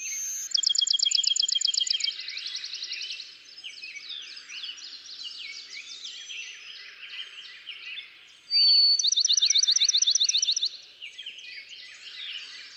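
Bachman's sparrow song heard twice: each a rapid, repeated trill, the second opening with a pure whistled note, over a steady background chorus of songbirds.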